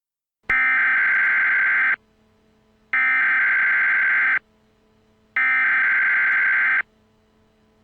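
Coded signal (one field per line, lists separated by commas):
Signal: Emergency Alert System (SAME) tones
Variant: header bursts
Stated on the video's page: Fictional EAS scenario, a simulated alert.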